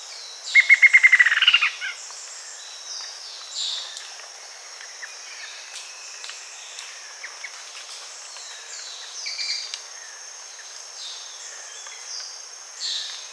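Bird giving a fast trill of clipped notes at the start, then sparse soft chirps, with a constant thin high hum underneath.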